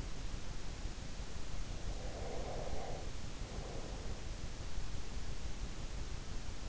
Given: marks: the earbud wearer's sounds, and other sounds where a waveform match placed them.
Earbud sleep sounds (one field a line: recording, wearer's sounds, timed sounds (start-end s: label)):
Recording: sounds in sleep by an in-ear microphone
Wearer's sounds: breath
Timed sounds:
1.98-4.52 s: breath